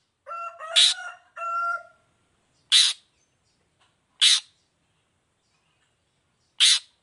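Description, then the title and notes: Long-tailed shrike giving a few short harsh, buzzy bursts separated by long gaps, after two drawn-out tonal notes at the start. Morning; vigorous 'gacor' singing with a clear voice, full variation and 'toet toet' notes, said to be easy for any type of cendet to imitate. "Cendet Gacor Dor Di Kala Pagi Toet Toet Variasi Suara. Cendet Gacor Suara Jernih Full Variasi. Burung cendet"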